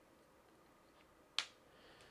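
The camera protector cover of a rugged plastic Poetic Revolution case for a OnePlus 15 phone is pressed into place on the case. A single sharp, bright snap is heard at 1.4 s against quiet background noise. The cover snaps in and is seated.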